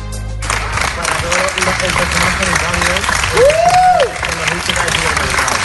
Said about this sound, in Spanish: La gente normal, la gente que no trabajaba en un hospital, bueno, tuvo la ocurrencia de salir a los balcones a aplaudir.